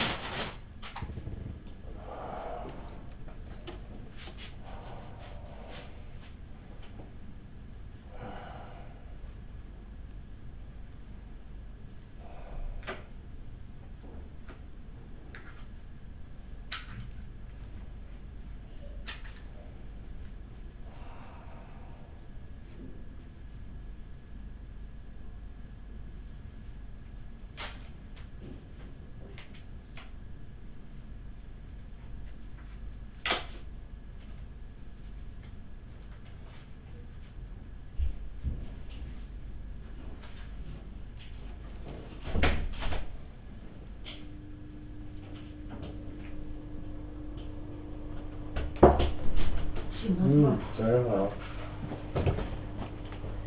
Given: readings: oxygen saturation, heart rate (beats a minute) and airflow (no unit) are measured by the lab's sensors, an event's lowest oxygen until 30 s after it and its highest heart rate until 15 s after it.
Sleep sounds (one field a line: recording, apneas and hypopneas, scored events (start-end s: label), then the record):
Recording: a person awake in a sleep study, by a smartphone at the bedside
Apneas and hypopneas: none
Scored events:
0.00-53.47 s: awake
From the record:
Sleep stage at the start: awake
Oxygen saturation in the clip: 96 to 98%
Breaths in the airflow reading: 13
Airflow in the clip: -8.3 to 10.5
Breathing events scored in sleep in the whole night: 207 in 7.6 hours asleep